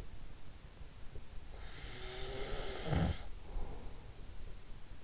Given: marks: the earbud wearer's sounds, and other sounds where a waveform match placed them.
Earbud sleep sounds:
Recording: sounds in sleep by an in-ear microphone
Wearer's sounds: snoring breath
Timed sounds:
1.70-4.20 s: snoring breath

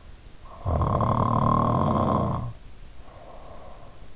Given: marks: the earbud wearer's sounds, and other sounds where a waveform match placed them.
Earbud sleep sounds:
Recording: sounds in sleep by an in-ear microphone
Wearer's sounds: snoring breath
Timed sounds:
0.54-3.97 s: snoring breath

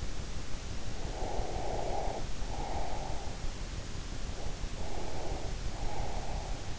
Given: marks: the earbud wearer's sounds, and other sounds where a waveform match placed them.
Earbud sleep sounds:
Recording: sounds in sleep by an in-ear microphone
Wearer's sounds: breath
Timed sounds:
0.85-3.30 s: breath
4.28-6.65 s: breath

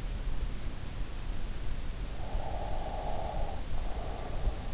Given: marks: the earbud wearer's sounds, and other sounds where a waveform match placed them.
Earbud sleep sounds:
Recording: sounds in sleep by an in-ear microphone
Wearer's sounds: breath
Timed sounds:
2.30-4.43 s: breath

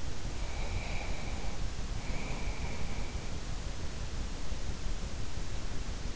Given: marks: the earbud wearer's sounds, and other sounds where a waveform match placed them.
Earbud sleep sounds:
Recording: sounds in sleep by an in-ear microphone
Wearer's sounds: breath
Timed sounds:
0.24-3.22 s: breath

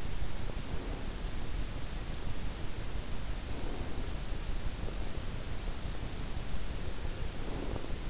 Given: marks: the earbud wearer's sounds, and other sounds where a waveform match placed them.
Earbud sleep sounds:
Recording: sounds in sleep by an in-ear microphone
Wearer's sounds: breath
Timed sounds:
0.64-1.59 s: breath
2.87-4.14 s: breath
6.58-8.09 s: breath

